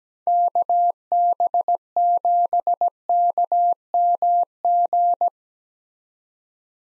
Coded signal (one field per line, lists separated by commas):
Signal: Morse code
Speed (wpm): 17 wpm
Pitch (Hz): 700 Hz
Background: none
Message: KB7KMG